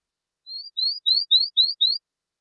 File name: Cape May Warbler